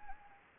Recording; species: mosquito wingbeat signal from an infrared sensor; Anopheles gambiae